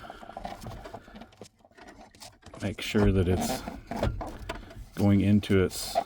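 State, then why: Not seated. The speedometer cable end of a Bricknose Ford is lined up by hand with its socket on the back of the instrument cluster before being pushed home, with only light scrapes and taps while someone talks. Nothing has seated or clicked yet.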